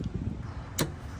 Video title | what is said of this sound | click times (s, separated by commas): HOW TO INSTALL LOWERING LINKS ON MERCEDES | All right, we're going to pop it back in. You'll hear it pop. | 0.8 s